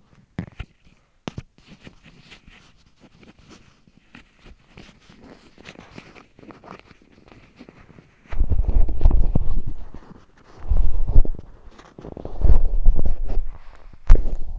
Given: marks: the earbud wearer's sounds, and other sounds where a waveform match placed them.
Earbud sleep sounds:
sounds in sleep by an in-ear microphone; body movement
0.00-14.59 s: body movement

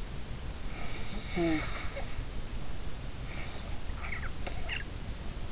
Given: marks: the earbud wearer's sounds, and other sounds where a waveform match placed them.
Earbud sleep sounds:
sounds in sleep by an in-ear microphone; snoring breath
0.70-2.24 s: snoring breath
3.25-5.27 s: snoring breath

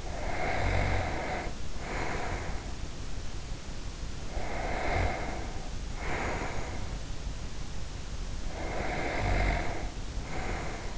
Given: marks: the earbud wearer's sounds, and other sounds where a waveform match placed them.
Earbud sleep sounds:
sounds in sleep by an in-ear microphone; breath
0.00-2.79 s: breath
4.22-6.91 s: breath
8.41-10.97 s: breath

